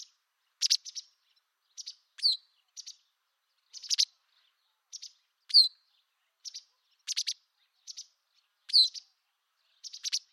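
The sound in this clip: Bird chirping, crisp high ticks mixed with steeply falling slurred notes, in a loose repeating pattern.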